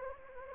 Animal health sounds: mosquito wingbeat signal from an infrared sensor; Anopheles gambiae

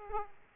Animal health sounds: mosquito wingbeat signal from an infrared sensor; Aedes aegypti

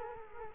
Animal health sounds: mosquito wingbeat signal from an infrared sensor; Culex quinquefasciatus

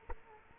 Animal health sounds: mosquito wingbeat signal from an infrared sensor; Culex quinquefasciatus

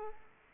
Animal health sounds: mosquito wingbeat signal from an infrared sensor; Aedes aegypti

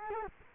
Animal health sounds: mosquito wingbeat signal from an infrared sensor; Culex quinquefasciatus

